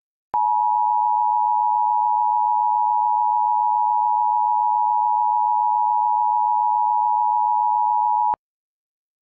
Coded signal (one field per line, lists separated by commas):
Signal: Emergency Alert System (SAME) tones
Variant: 853 and 960 Hz attention tone